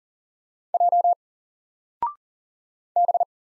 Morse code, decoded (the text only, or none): J B